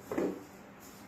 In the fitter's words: And lock into place.